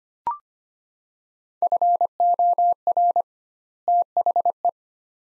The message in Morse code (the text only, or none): FOR THE